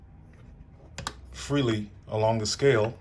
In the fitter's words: and it locks in. You hear that clicking noise? It locked in at 0 degrees.